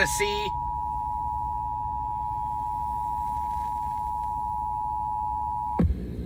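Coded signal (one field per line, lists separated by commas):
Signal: Emergency Alert System (SAME) tones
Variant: 853 and 960 Hz attention tone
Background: speech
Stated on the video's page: Tornado Warning EAS alert received on FM radio station 105.3.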